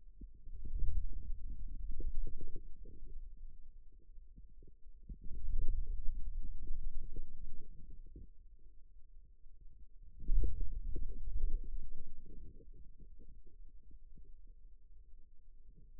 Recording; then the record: forearm muscle sounds (acoustic myography)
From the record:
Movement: wrist flexion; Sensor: system 2, bracelet of six BSWA MPA416 microphones around the upper forearm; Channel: 5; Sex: male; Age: 22 years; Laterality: right